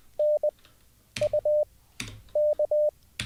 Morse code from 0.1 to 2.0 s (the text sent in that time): N U